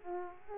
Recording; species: mosquito wingbeat signal from an infrared sensor; Aedes aegypti